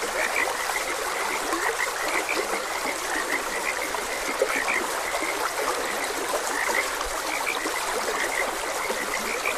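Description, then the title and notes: Frogs keep up a dense croaking chorus of short, repeated notes while a stream rushes steadily underneath. Frogs croaking beside a gentle stream. "Gentle Stream and Frogs Croaking. Sleep and Relaxation Podcast"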